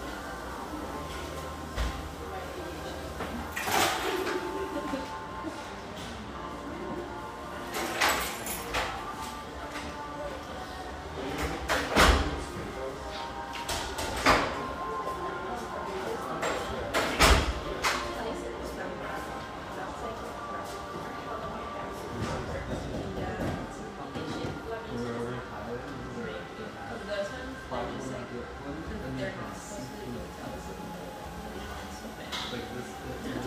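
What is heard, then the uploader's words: Coffeehouse sounds with a low bed of chatter and a soft, steady wash of music underneath. Sharp clatters and knocks break through every few seconds, clustered between about 4 and 18 seconds, then the room settles into a quieter, even murmur. The sounds and mellow radio of this beautiful exposed-brick coffeehouse in the Northeast Portland neighborhood of Hazelwood.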